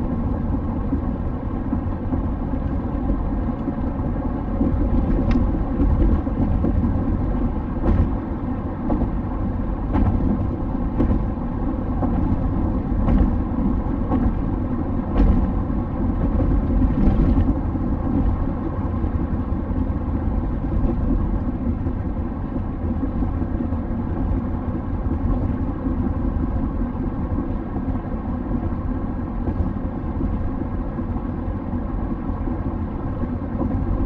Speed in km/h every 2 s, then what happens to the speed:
91, 93, 96, 96, 95, 95, 95, 96, 95, 90, 90, 92, 91, 92, 92, 93, 93.
0-15 steady at about 95. 15-18 slows to 90. 18-34 steady at about 92.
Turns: none.